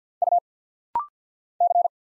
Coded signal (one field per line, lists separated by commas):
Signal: Morse code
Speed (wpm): 48 wpm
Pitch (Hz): 700 Hz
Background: none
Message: U C